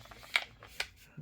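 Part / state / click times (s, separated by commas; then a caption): plastic screen bezel clips into laptop display lid / seated / 0.4 s, 0.8 s. The plastic screen bezel of an Asus CX110CM laptop is pressed home around the edge of the display lid during an LCD screen replacement. Two sharp clicks are heard at 0.4 s and 0.8 s, with fainter ticks around them. The bezel clips seat into the lid.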